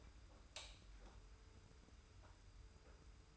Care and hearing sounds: daily activity, microphone in the room; light on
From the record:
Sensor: 2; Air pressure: 990.8 hPa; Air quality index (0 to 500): 122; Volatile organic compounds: 90 ppm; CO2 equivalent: 3682 ppm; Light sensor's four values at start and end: 26/61/25/25 and 31/79/32/31

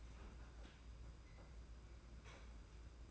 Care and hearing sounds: daily activity, microphone in the room; open fridge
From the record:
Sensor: 2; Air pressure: 991.8 hPa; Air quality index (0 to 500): 222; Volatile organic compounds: 1000 ppm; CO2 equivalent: 7418 ppm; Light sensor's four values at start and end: 26/83/32/30 and 26/83/32/30

